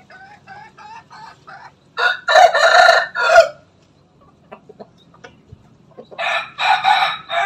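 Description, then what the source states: Loud rooster crowing: brief clucks lead into a harsh, pulsing crow, quiet scattered clucks follow, then a second rough crow begins at the end. Bangkok breed rooster, crowing.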